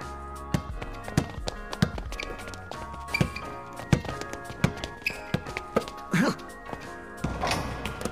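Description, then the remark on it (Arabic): A basketball bounces and is passed around during a game in the animated series Link Click, sharp hollow thumps landing at an uneven pace, roughly one every half second or so, over a steady bed of voices and background noise. “اطمئن، مرر الكرة في حسب.”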